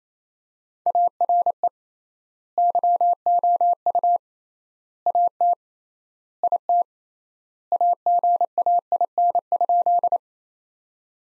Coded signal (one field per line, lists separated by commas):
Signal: Morse code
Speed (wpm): 28 wpm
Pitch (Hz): 700 Hz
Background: none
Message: ARE YOU AT IT AGAIN?